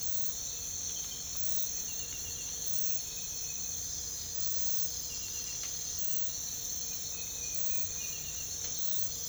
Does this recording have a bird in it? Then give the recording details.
no. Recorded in pastures near Puerto Asís, Putumayo, Colombia, on 22 December 2024 at 05:00. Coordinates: 0.472, -76.329. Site G072